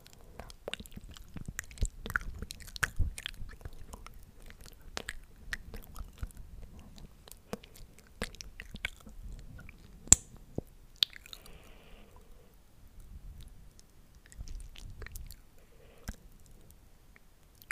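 Wet mouth sounds: sharp clicks and smacks come in quick, irregular bursts, much like chewing, over a soft low rumble. The clicks are densest in the first half. Around eleven seconds a brief faint tone rises above them, and near the end the sounds thin out and grow quieter.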